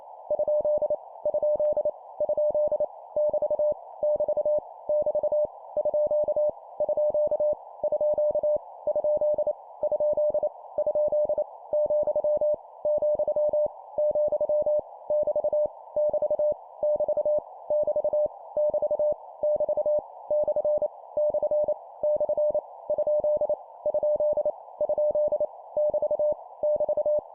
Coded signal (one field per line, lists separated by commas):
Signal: Morse code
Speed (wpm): 28 wpm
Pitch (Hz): 600 Hz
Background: none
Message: ? ? ? <BT> <BT> <BT> _ _ _ ? ? ? , , , <BT> <BT> <BT> <BT> <BT> <BT> / / / ? ? ? <BT> <BT>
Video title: 25wpm Repeat three times Random Punctuation, cw morse code course